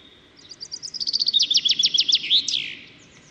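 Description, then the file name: Common chaffinch song: a rattling series of bright notes that speeds up, steps lower into a chopped trill, then ends in a quick emphatic flourish, preceded by a faint thin tone. "Fringilla coelebs"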